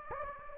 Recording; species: mosquito wingbeat signal from an infrared sensor; Anopheles gambiae